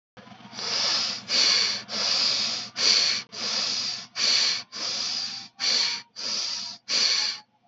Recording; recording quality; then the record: shallow breathing; moderate, slight background noise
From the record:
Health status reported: healthy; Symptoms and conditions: none ticked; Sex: male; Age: 29 years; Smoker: not ticked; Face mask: worn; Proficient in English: yes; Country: India